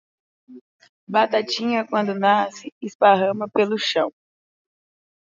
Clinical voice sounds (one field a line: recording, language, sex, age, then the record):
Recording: short text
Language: Brazilian Portuguese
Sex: female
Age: 20 to 29 years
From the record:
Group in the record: control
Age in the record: 20 years